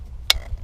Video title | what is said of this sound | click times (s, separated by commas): Haibike XDURO FullLife RX Review - $5.3k | yeah did you hear it click | 0.3 s